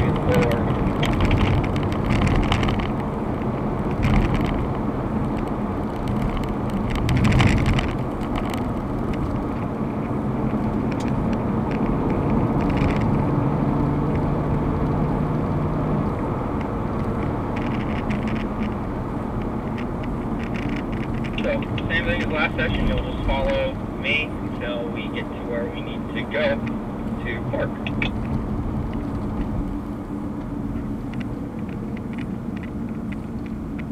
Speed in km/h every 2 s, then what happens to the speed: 87, 81, 77, 74, 77, 82, 89, 89, 77, 68, 63, 60, 58, 55, 50, 40, 35.
0-7 slows to 74. 7-12 speeds up to 89. 14-34 slows to 35.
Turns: none.